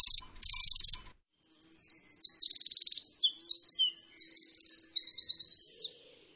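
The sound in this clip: Bird calls: high, rapid chirps and quick buzzy trills tumbling one after another, opening with two loud harsh bursts, then a run of bright repeated notes that fades out.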